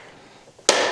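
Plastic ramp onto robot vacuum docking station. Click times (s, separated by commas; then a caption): 0.7 s. A plastic ramp is pushed onto the front of an Ecovacs Deebot X9 Pro Omni robot vacuum's docking station. After a quiet lead-in, one sharp, loud plastic click at 0.7 s is followed by a brief fading ring. The ramp snaps in and is seated.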